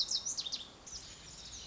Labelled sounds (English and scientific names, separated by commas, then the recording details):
Lazuli Bunting (Passerina amoena)
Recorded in Sonoma County, California